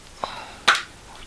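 The clip-on glass front of a rigid waterproof phone case, whose rim clips inside the case body, is pulled off the case body. A small click sounds at 0.2 s, then a louder, sharper snap at 0.7 s as the front comes free and is released from the case.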